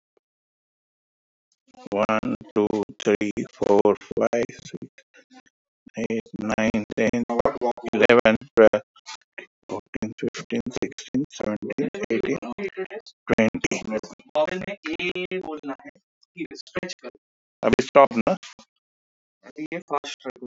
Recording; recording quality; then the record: counting at a normal pace; moderate, slight background noise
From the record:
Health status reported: respiratory illness, not identified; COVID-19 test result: negative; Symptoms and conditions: cough, chronic lung disease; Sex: male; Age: 68 years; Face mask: not worn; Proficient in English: yes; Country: India